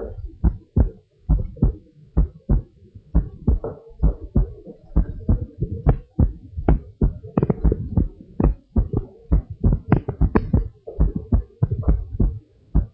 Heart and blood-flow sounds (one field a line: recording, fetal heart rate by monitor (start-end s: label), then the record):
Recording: heart sounds of a pregnant woman by stethoscope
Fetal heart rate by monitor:
no fetal heartbeat
From the record:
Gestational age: 40 weeks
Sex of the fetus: boy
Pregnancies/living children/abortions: 1/0/0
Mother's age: 28 years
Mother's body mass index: 32.6